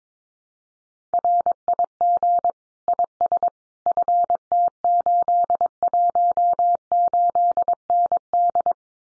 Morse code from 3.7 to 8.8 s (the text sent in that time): FT818ND